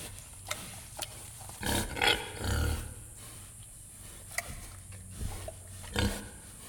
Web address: Geraeusche Auf dem Land grunzende schweine im stall